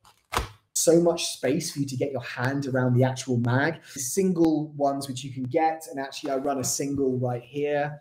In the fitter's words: I'll show you kind of how these fit in uh when I put this in there's like an audible click